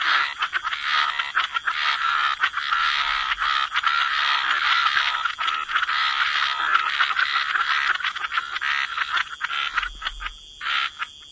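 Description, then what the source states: Frogs in a dense chorus of overlapping rapid clicks and rattling croaks, a continuous mass of sound with a steady hiss underneath, easing briefly near the end. Frog chorus with white noise.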